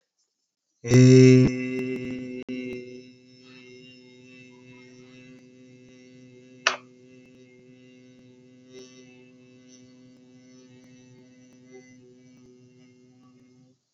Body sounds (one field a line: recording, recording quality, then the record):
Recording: sustained vowel as in made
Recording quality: excellent, no background noise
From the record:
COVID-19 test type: RT-PCR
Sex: male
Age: 31 years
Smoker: no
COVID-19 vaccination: both doses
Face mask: not worn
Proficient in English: yes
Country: India